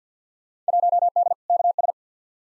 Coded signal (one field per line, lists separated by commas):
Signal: Morse code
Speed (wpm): 49 wpm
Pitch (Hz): 700 Hz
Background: none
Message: 1D KS